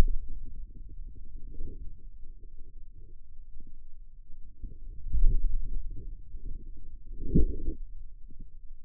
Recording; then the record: forearm muscle sounds (acoustic myography)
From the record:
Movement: finger pinch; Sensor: system 2, bracelet of six BSWA MPA416 microphones around the upper forearm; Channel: 6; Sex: male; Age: 22 years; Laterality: right